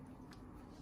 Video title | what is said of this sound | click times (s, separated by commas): 插头线从根部断开了，接不上怎么办？教你这样修复，比买的还耐用 | 拧好以后呢，咱们把这个盖子扣上 | 0.3 s